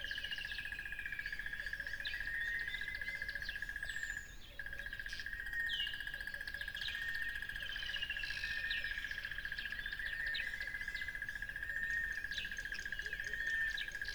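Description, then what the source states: Insistent cricket trill, fast and even, stops for a moment around four seconds then resumes, under a busy mix of bird chirps and whistles. Crickets recorded beside a lively tropical river.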